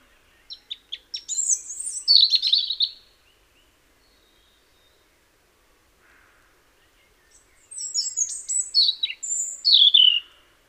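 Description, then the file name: European robin singing two phrases about five seconds apart, each starting with short ticking notes and breaking into rapid, high, silvery warbles and trills. "Erithacus rubecula"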